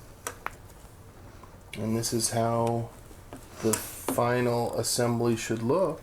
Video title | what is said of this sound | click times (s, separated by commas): Episode 82 - RED CAPACITORS - Building with Style - Back to the Future - Build the DeLorean | it doesn't say to screw it in, so it must just snap in place. | 0.3 s, 0.5 s